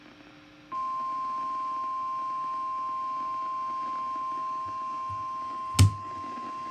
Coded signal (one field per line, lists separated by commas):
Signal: Emergency Alert System (SAME) tones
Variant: 1050 Hz attention tone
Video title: I’M BACK TO CATCHING WEEKLIES EAS Tests From 6/2/21 (EAS #630-635)